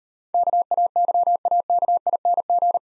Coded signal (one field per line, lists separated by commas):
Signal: Morse code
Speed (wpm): 38 wpm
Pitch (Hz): 700 Hz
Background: none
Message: KAYAKING